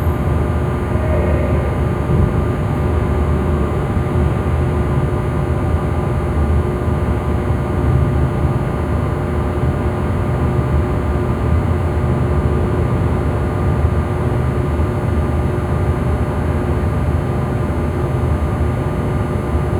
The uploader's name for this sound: Industrial Building Stairwell